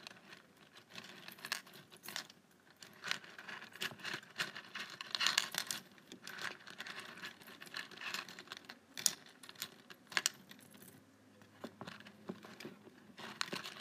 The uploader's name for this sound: ASMR Paperclips